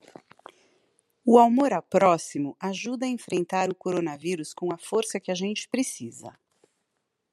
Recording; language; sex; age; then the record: spoken sentence; Brazilian Portuguese; female; 40 to 49 years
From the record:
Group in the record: control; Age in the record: 49 years